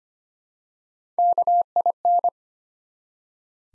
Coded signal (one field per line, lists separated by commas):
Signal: Morse code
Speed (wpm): 25 wpm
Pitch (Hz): 700 Hz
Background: none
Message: KIN